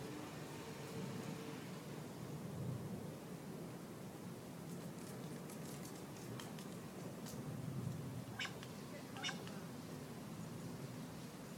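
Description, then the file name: Carrion crow subsong: soft clicking and rattling notes, with two short harsh grating bursts near the end, all heard over a constant low rumble. "Corvus corone subsong"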